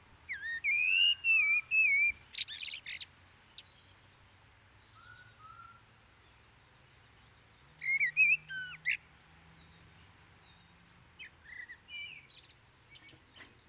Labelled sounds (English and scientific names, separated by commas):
Common Blackbird (Turdus merula) song